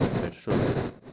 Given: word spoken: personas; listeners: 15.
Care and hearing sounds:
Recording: one Spanish word in noise, from a listening test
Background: noise modulated by one talker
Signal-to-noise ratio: -7.0 dB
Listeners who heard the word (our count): 2 of 15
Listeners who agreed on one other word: 9 of 15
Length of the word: 0.73 s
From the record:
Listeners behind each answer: 9, 3, 2, 1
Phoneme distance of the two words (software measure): 7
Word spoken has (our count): 3 syllables, 8 phonemes, stress on syllable 2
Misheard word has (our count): 3 syllables, 7 phonemes, stress on syllable 2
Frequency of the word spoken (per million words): 428.75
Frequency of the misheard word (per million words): 214.71

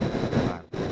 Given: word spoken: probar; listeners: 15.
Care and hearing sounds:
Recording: one Spanish word in noise, from a listening test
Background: noise modulated by one talker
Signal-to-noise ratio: -12.1 dB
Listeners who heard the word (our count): 0 of 15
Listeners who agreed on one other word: 6 of 15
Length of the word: 0.52 s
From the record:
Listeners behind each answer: 6, 3, 1, 1, 1, 1, 1, 1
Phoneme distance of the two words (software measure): 31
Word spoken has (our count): 2 syllables, 6 phonemes, stress on syllable 2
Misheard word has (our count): 1 syllable, 3 phonemes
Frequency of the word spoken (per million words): 19.71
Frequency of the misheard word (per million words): 34.74

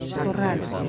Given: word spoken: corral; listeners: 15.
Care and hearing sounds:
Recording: one Spanish word in noise, from a listening test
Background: eight-talker babble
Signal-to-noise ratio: 0.8 dB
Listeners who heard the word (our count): 1 of 15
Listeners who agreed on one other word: 8 of 15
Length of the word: 0.49 s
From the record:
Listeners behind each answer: 8, 3, 1, 1, 1, 1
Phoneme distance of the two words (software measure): 20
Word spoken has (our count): 2 syllables, 5 phonemes, stress on syllable 2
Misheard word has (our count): 2 syllables, 5 phonemes, stress on syllable 2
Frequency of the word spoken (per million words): 10.13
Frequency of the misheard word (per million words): 9.82

